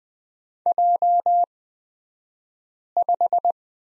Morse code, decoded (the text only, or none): J5